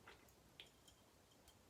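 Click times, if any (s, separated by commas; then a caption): 0.6 s. A razor blade is pushed into a floating-blade shaving head and clicks into place at 0.6 s. A sharp, bright click stands out over a quiet background, with a few fainter ticks before and after. The blade is seated in the head.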